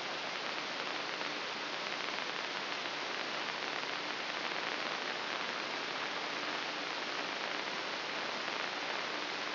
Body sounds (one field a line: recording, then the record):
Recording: brain microelectrode recording played as sound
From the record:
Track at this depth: outside the subthalamic nucleus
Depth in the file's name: 6.898 mm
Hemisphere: left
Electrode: 3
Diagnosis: Parkinson's disease